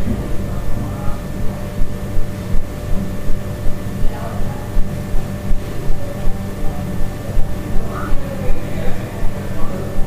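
Sounds from a hostel room in Central America: a dense, steady low rumble with a thin, constant high whine over it. Soft thumps pulse at a quick, fairly regular pace throughout, and faint brief murmurs or calls surface near four and eight seconds.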